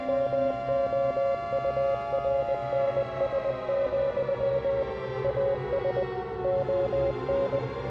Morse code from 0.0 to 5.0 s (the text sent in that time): MOURNS,